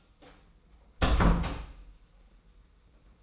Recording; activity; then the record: daily activity, microphone in the room; close door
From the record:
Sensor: 1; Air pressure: 990.5 hPa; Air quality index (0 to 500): 158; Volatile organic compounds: 1000 ppm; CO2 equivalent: 5739 ppm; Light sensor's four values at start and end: 32/73/32/34 and 33/74/32/34